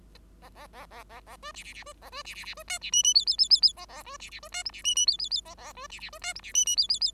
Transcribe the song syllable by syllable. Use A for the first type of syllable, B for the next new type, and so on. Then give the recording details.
A A A A A A B C C C B A B C C C B D C E E F F F F F A A B C C B D G C E E F F F A A B C C B D G C E E F F F. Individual Bird5